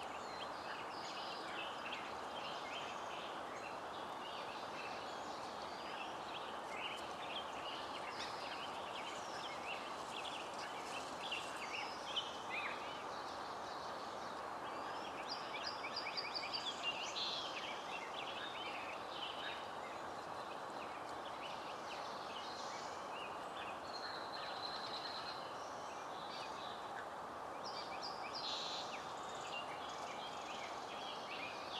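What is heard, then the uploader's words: Steady outdoor hum at a meadow wildlife refuge, with frequent bright bird chirps and calls scattered throughout and traffic underneath. Oaks Bottom Meadow. This recording was made at Oaks Bottom Wildlife Refuge in SE Portland, Oregon.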